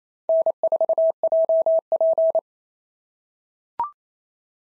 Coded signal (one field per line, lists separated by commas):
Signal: Morse code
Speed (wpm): 27 wpm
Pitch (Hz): 650 Hz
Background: none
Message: N4JP